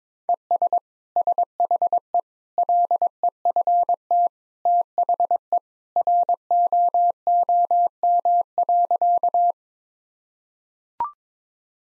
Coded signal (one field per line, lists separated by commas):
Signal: Morse code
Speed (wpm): 22 wpm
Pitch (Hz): 700 Hz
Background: none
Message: ES SHE LEFT THE ROOM.